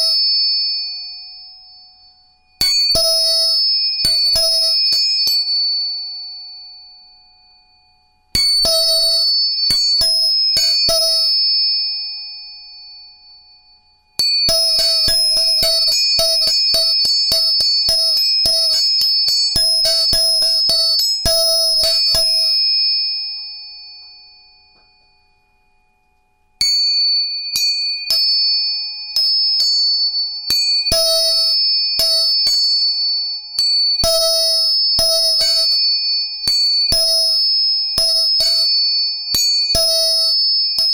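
Tuning forks are struck and left to ring, a steady pure tone with a thin bright overtone above it, fading slowly in the quiet gaps. Four bursts of rapid metallic tapping, near 3, 8, 14 and 27 seconds, restart the ringing each time.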